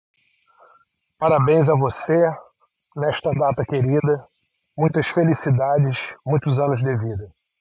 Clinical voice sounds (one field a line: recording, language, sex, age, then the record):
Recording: short text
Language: Brazilian Portuguese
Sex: male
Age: 50 to 59 years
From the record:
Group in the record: control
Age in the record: 55 years